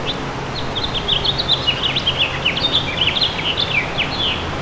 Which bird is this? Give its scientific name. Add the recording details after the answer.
Haemorhous mexicanus. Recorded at Amityville on Long Island, New York, on 12 June 2013. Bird B